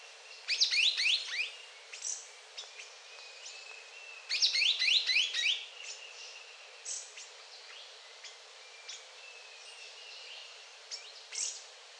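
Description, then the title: Yellow-green Grosbeak song: two rapid bursts of high, sharp descending notes about four seconds apart, with scattered softer chips between. "LuckyPassaro Completos2Sama. Yellow-green Grosbeak (Caryothraustes canadensis)"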